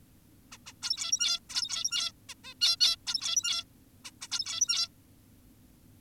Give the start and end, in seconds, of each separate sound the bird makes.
0.52-0.58, 0.66-0.73, 0.83-1.40, 1.50-2.12, 2.29-2.34, 2.44-2.54, 2.61-2.76, 2.80-2.96, 3.07-3.64, 4.05-4.11, 4.22-4.28, 4.32-4.88